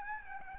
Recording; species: mosquito wingbeat signal from an infrared sensor; Aedes albopictus